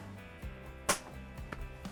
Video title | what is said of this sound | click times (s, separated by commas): Handover: MDC Forbes 15+ Offroad Caravan | hear that click well you know it's locked back into place | 0.9 s